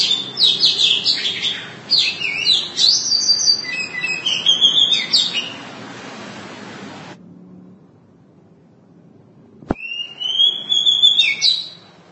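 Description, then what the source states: Oriental magpie-robin song: fast twittering and whistled phrases for several seconds, a quiet pause, then a sharp click and a long rising-then-level whistle. Long-duration song.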